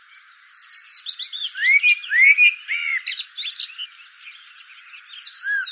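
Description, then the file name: Common blackbird song beginning with high chittering, then rich flute-like whistles and a scratchy high twitter. "Turdus merula"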